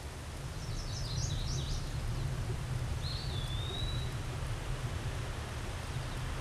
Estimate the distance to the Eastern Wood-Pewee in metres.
about 10 m